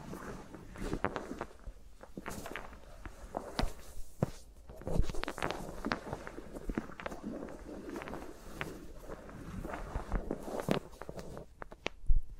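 Fingers move around the microphones in dense, irregular taps, clicks and rustles with no talking, ending in a sharp loud knock near the end.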